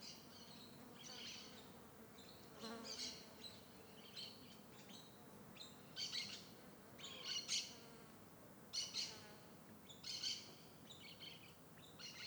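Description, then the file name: Parakeet flight calls: harsh, screechy chirps in short bursts, scattered irregularly throughout, over a background of insects. Parakeets flying in a valley near the mountains, with insects also heard. "Vale perto da serra periquitos voando insetos"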